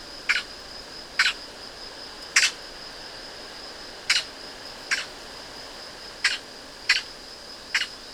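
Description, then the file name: Eurasian magpie uttering rasping single chack notes roughly once a second, eight in all, against a thin constant high-pitched background tone. "Pica pica"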